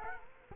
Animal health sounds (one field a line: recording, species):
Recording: mosquito wingbeat signal from an infrared sensor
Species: Culex quinquefasciatus